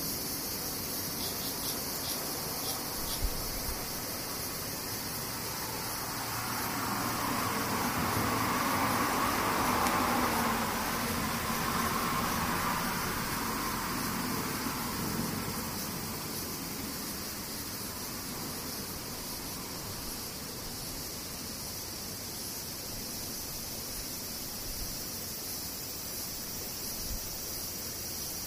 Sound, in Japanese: セミ